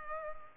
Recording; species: mosquito wingbeat signal from an infrared sensor; Culex pipiens